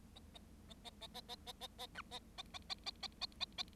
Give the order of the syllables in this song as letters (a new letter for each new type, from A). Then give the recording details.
A A A A A A A A A A B A A A A A A A A A. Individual Bird7